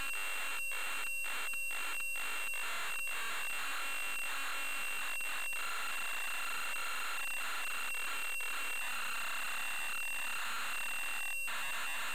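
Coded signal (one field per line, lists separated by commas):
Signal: computer data on cassette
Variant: Amstrad CPC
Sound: harsh hissing data bursts alternating with short quieter gaps, steady high whine throughout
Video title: Camelot Warriors (Amstrad CPC) - Full tape loading sequence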